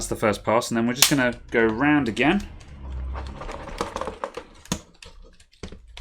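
Someone talks at the start, then, during a hinge rebuild on an HP 15-bw laptop, the plastic rear cover of the display is pressed onto the display bezel on a second pass around the edges. Its clips snap home at 3.8, 4.0, 4.0, 4.1, 4.2 and 4.7 seconds, with all the clips seated in one go.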